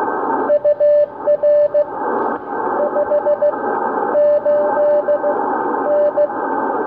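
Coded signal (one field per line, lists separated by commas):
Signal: Morse code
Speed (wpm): 16 wpm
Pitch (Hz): 590 Hz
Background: radio noise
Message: UR 5 8 N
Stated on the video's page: QRPp CW contact at 500 milliwatts on the 40 meter band over 250 km.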